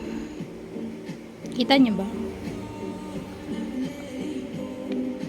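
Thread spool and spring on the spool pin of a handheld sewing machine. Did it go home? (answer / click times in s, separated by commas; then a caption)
no / none. A thread spool and its spring are fitted onto the spool pin of a handheld sewing machine while someone talks over background music. There is handling noise, with a brief louder burst around 1.5 seconds, but nothing has seated or clicked yet.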